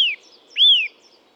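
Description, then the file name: Eurasian nuthatch making two loud whistled notes sliding downward, the second rising briefly first. "Sitta europaea"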